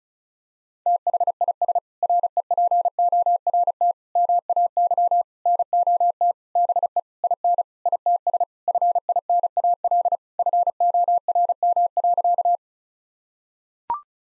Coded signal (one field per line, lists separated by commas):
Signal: Morse code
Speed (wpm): 34 wpm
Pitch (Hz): 700 Hz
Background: none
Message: THIS REPORT MAY NOT BE IN ITS FINAL FORM.